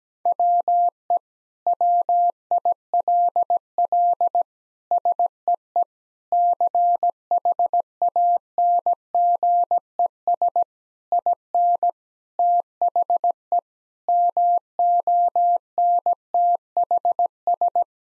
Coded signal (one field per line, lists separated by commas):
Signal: Morse code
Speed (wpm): 17 wpm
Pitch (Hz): 700 Hz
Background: none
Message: WE WILL SEE CHANGES IN THE MONTHS